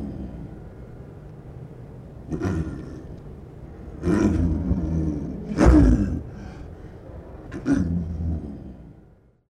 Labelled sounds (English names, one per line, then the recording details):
Snow Leopard
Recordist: Tembrock, Günter